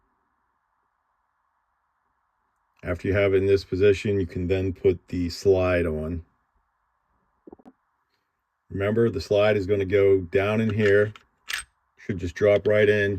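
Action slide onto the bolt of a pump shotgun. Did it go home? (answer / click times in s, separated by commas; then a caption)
no / none. Someone talks while the metal action slide of a Mossberg Shockwave pump shotgun is handled and positioned over the bolt before being dropped in. A few faint handling taps are heard around 7.5 to 7.7 seconds. Nothing has seated or clicked yet.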